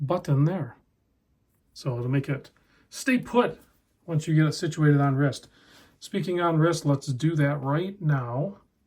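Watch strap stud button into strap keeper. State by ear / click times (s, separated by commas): not seated / none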